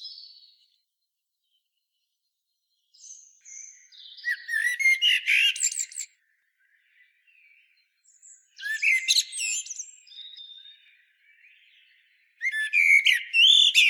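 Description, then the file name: Common blackbird with three bursts of twittering and whistled notes, separated by gaps with soft notes. "Turdus merula"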